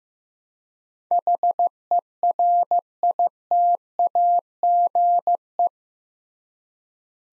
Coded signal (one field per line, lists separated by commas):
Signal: Morse code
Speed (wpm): 15 wpm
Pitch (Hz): 700 Hz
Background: none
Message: HERITAGE